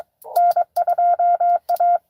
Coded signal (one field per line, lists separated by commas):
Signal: Morse code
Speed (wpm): 23 wpm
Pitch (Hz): 700 Hz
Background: none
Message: N2A